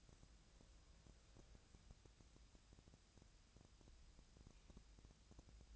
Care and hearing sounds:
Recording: daily activity, microphone in the room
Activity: wipe stove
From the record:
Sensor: 2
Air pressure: 1000.4 hPa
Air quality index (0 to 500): 171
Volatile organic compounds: 3 ppm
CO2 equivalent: 1418 ppm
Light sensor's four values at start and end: 10/24/10/11 and 10/24/10/11

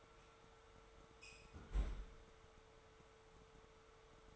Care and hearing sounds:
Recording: daily activity, microphone in the room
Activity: close fridge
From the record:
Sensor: 3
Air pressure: 1014.9 hPa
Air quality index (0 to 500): 202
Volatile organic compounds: 29 ppm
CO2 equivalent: 2943 ppm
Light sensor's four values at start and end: 34/84/36/38 and 30/74/31/33

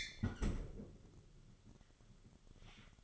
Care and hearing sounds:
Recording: daily activity, microphone in the room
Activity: close fridge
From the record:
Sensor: 4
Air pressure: 1008.6 hPa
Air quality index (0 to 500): 75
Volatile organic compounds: 1 ppm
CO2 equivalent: 632 ppm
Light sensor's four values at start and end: 15/33/13/13 and 15/34/14/14

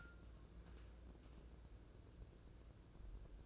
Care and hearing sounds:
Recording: daily activity, microphone in the room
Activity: take from stove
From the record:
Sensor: 2

